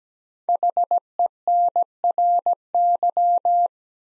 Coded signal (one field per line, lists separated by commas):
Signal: Morse code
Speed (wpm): 17 wpm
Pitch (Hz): 700 Hz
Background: none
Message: HENRY